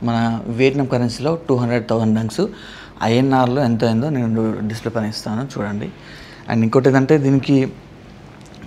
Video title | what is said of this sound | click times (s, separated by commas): I Rode a 110cc Bike Across Countries — Here’s the Truth #travel #vlog | lock అయితే పడుతుంది ఈ lock పడుతుంది కాకపోతే పడిన తర్వాత అంటే ఈ హోల్ లోకి పోవట్లేదు అన్నమాట | none